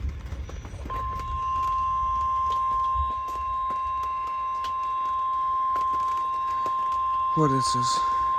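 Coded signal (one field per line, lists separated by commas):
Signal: Emergency Alert System (SAME) tones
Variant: 1050 Hz attention tone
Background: speech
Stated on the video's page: EAS alerts received while camping.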